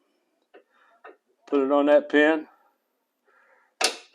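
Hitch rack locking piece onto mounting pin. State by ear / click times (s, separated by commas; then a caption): seated / 3.8 s. The locking piece of a Saris powered eBike hitch rack is lined up with its hole, put on the mounting pin and slid in, without needing its key. Someone talks, a couple of faint knocks come early, and a sharp snap at 3.8 s marks the piece seating in place on the hitch rack, where it won't come off.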